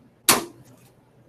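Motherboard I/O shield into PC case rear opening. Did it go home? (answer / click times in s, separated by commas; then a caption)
yes / 0.3 s. A rear panel piece, likely the metal motherboard I/O shield for an Asus Z170 Pro Gaming build, is pressed into the PC case's rear cutout. A single sharp, bright snap at 0.3 s rings out briefly over quiet background. The shield snaps into place and is seated.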